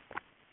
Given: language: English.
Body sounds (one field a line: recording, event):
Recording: throat vibration sensor signal played as sound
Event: swallow